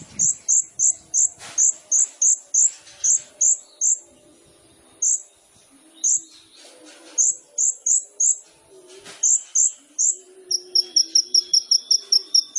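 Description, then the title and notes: Sunbird song: very high thin notes repeated rapidly in bursts, with short pauses, then a faster sharp trill near the end. Indonesian masteran training recording of a ninja sunbird for songbirds, described as gacor, full of varied fills and shooting notes, suited to lure or provoke birds. "MASTERAN KOLIBRI NINJA TERBAIK FULL ISIAN DAN TEMBAKAN MEWAH COCOK BUAT PANCINGAN. Suara Burung Kolibri Ninja Gacor"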